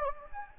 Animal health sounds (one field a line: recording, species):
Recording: mosquito wingbeat signal from an infrared sensor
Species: Anopheles gambiae